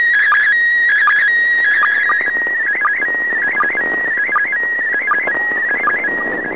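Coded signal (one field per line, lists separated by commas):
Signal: SSTV (slow-scan television)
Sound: warbling tone around 2 kHz with short low chirps repeating under a second apart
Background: radio static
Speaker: god this is so strong you realize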